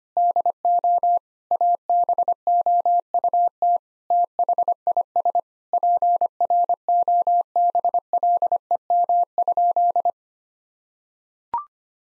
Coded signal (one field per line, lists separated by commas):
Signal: Morse code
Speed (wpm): 25 wpm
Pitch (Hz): 700 Hz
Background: none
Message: DO ABOUT THIS PROBLEM?